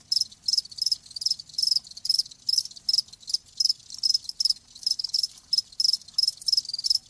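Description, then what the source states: Cricket chirps in short high trills repeating several times a second, even and continuous, over a quiet low background. Live crickets chirping.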